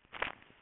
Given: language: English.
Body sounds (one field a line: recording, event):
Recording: throat vibration sensor signal played as sound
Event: swallow